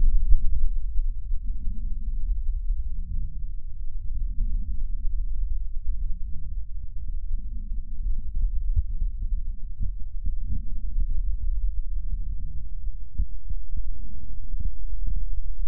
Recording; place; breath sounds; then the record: lung sounds by stethoscope; right posterior lower chest; expiratory wheeze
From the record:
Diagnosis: COPD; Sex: male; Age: 51 years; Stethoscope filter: bell mode, 20 to 200 Hz